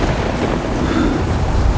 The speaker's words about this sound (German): Letztendlich fühlte es sich so an, als ob ein eisiger Wind mich komplett umschloss.